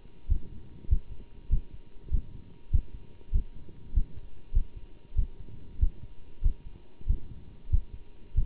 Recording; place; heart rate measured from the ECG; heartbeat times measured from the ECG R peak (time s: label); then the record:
heart sounds by stethoscope; between the tricuspid and mitral areas; 97 bpm
0.29 s: heartbeat
0.89 s: heartbeat
1.50 s: heartbeat
2.11 s: heartbeat
2.72 s: heartbeat
3.33 s: heartbeat
3.94 s: heartbeat
4.54 s: heartbeat
5.16 s: heartbeat
5.80 s: heartbeat
6.43 s: heartbeat
7.07 s: heartbeat
7.71 s: heartbeat
8.35 s: heartbeat
From the record:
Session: bicycle stress test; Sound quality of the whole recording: good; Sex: male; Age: 27 years